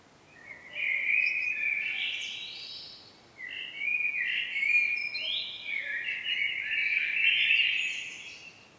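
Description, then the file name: Common blackbird with two long warbled phrases back to back, busy twittering notes layered at several pitches, against faint steady background noise. "Turdus merula"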